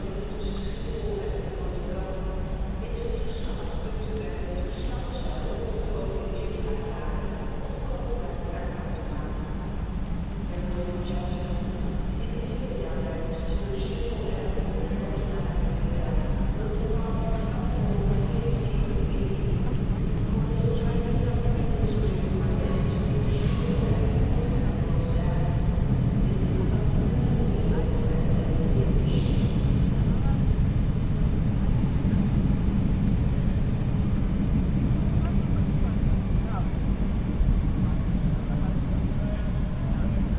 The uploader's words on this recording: Episode 54 of the podcast is a binaural recording of Amsterdam Central Station.